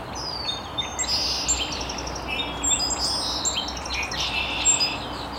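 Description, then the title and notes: Birds chirping together, a dense mix of high whistled notes, short rapid trills and sliding phrases from several birds, with constant low background hiss. Birds chirping very early in the morning in an estuary. "Birds Chirping in the Early Morning. Original sounds of birds chirping very early in the morning in an estuary"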